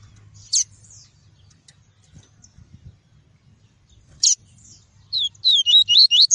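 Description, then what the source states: Double-collared seedeater: a high twittering phrase of slurred notes near the end, preceded by two sharp isolated high notes and a quiet background. Song of the "tui-tui" variety.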